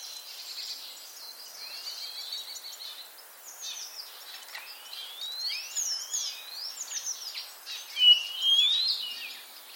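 Common starling calling with slurred rising and falling whistles mixed with scratchy chatter, the calls growing louder toward the end, over a steady background hiss.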